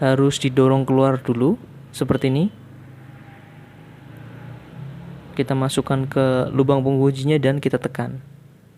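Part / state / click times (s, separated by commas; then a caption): plastic rod retaining clip into outer door handle lever / not seated / none. A man talks while handling a nail-like plastic rod retaining clip for the outer door handle lever of a Suzuki APV Luxury, pushing it out first and then fitting it toward the hole on the outside door handle linkage to press it in. Only speech and a steady low background hum are heard, with no distinct click. Nothing has seated or clicked yet.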